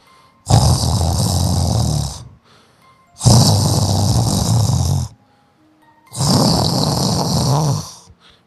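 An adult man imitates loud snoring: three long, rough, low-pitched snores, each about two seconds long, with short pauses between them, meant to mimic a friend's loud snoring at night.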